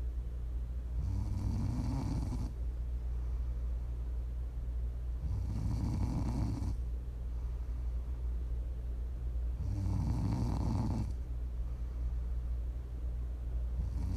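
Four regular, low, rumbling snores from a sleeping adult, each lasting about one and a half seconds and recurring roughly every four seconds (about 14 breaths a minute). Quiet breathing and a steady low hum fill the gaps. This is ordinary sleep snoring, heard as ASMR snoring.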